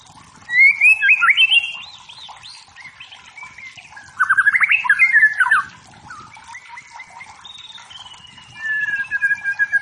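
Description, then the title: White-rumped shama giving bursts of fast chattering whistled phrases separated by quieter pauses, ending with a long sliding whistle and repeated notes. Wild forest white-rumped shama, used as training material for competition songbirds, meant to provoke and build fighting spirit in caged birds. "Masteran Murai. Murai Batu Hutan"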